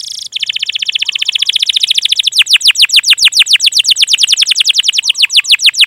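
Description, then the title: Canary singing a long, fast trill of repeated downward-sweeping notes, steady throughout, with a dense buzzy start. Canary lure song (pancingan), long and lively 'gacor' singing with full 'isian' phrase content. "PANCINGAN Kenari GACOR PANJANG. Pancingan Gacor Full Isian"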